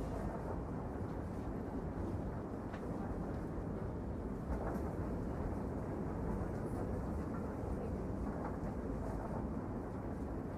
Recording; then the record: background sound without coughing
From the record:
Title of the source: Train Ride Ambience ambient white noise for sleeping, focus, studying, reading